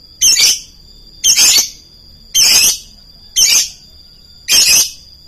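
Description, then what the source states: Lovebird calling with five harsh, high screeches, each about a third of a second long, spaced roughly a second apart. Song style called konslet.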